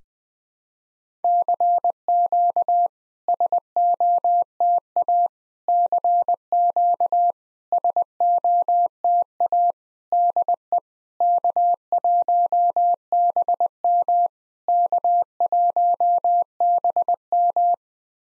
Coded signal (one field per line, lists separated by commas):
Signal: Morse code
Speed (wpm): 20 wpm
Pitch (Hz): 700 Hz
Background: none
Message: CQ SOTA CQ SOTA DE K1BM K1BM